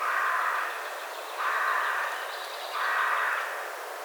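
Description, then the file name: Carrion crow giving three hoarse caws spaced about one and a half seconds apart over a steady hiss of background noise. "Corvus corone"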